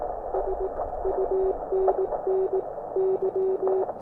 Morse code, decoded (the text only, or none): SUNNY